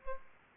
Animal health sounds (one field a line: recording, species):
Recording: mosquito wingbeat signal from an infrared sensor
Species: Aedes aegypti